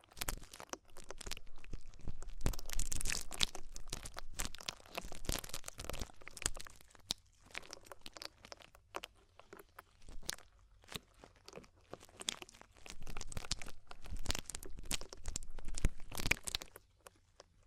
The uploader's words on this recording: ASMR DEEP Ear Penetrating Cleaning (No Talking).